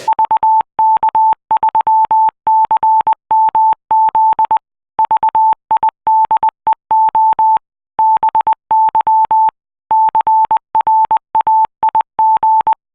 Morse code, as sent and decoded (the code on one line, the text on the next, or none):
...- -.- ...-- -.-. -- --.. / ...- .. -.. . --- / -... -.-- / -.-. .-. .- .. --.
VK3CMZ VIDEO BY CRAIG